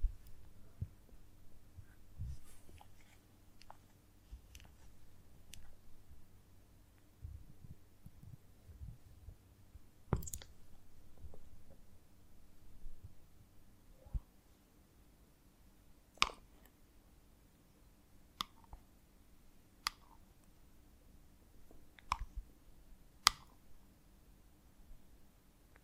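Handling of a honeycomb on a branch: quiet low rustling with sparse sharp clicks and taps, a loud snap near ten seconds.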